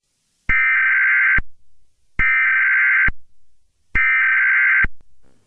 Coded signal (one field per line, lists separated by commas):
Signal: Emergency Alert System (SAME) tones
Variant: header bursts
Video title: Romania EAS Alarm Mock (Maybe)